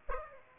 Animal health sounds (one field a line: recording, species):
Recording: mosquito wingbeat signal from an infrared sensor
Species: Aedes aegypti